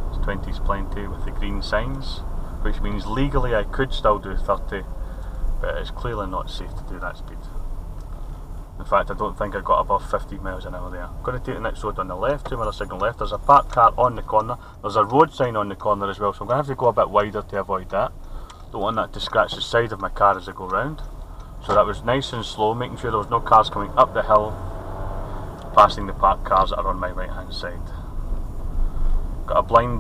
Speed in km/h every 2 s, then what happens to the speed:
23, 19, 16, 15, 13, 15, 13, 8, 6, 3, 8, 15, 19, 23, 24.
0-5 slows to 15. 5-11 steady at about 15. 11-15 slows to 6. 19-30 speeds up to 24.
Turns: none.